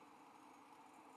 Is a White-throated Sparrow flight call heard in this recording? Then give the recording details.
no. No flight call is heard. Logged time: 07:21 on 5 December 2014